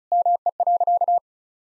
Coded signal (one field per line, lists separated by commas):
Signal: Morse code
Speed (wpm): 36 wpm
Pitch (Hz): 700 Hz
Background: none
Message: ME.